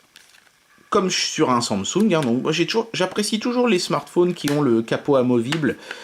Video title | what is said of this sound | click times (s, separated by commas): SMARTPHONE MARATHON : Elephone p3000s 64 bits | voilà donc en fait le capot se clipse | 0.2 s, 0.4 s, 0.5 s